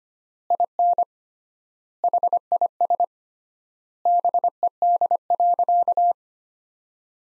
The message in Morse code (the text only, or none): IN HIS BED.